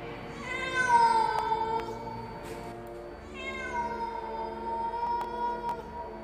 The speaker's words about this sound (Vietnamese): Rồi có nghe tiếng mèo kêu lên man dở.